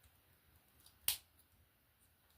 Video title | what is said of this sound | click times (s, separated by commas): Transformers Age of the Primes Voyager Class Alpha Trion | And then the knees, they just really just lock into place like so. | 1.1 s